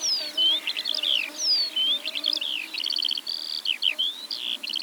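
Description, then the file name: Eurasian skylark pouring out high sliding whistles, brief trills and chattering notes in a continuous flow, with a faint low hum underneath. Eastern Europe. "Stimmen der Natur aus Osteuropa - Feldlerche"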